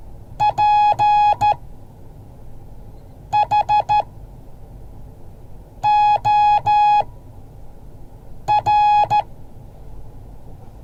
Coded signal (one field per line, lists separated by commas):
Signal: Morse code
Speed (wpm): 13 wpm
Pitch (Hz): 840 Hz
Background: none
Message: PHOR